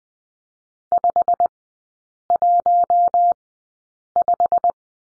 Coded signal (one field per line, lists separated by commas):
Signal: Morse code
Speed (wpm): 20 wpm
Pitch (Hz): 700 Hz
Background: none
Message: 515